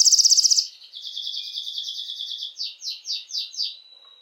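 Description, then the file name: Canary song beginning with a loud rapid rattle, then a soft steady trill and a series of repeated swelling descending notes. Belgian mosaic canary. "canto do canario belga mosaico"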